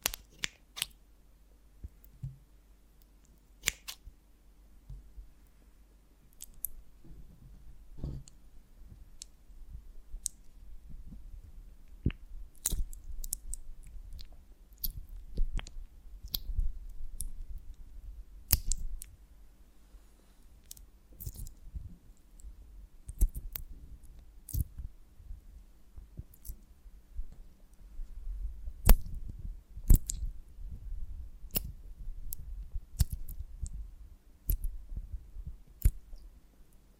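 A honeycomb on a branch is handled, giving scattered sharp clicks and crisp snaps that come irregularly throughout, sometimes in quick clusters, busiest around 12–20 and 28–34 seconds. A low, steady hum sits underneath the whole time.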